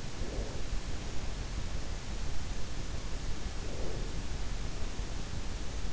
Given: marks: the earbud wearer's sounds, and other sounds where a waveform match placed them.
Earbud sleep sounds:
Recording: sounds in sleep by an in-ear microphone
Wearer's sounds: breath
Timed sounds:
0.00-0.88 s: breath
3.22-4.55 s: breath

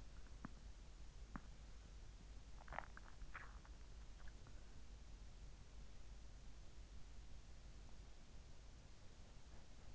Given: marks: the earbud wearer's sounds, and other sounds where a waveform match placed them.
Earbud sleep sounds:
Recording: sounds in sleep by an in-ear microphone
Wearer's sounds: swallowing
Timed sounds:
0.00-4.19 s: swallowing

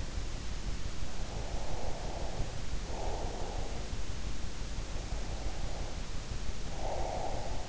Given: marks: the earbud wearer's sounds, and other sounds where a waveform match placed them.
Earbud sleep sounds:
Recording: sounds in sleep by an in-ear microphone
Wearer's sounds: breath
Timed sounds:
1.21-3.86 s: breath
5.11-7.69 s: breath

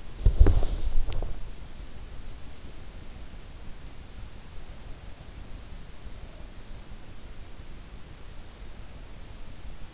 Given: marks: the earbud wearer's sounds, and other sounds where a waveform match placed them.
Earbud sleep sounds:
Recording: sounds in sleep by an in-ear microphone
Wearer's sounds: body movement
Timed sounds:
0.00-1.51 s: body movement

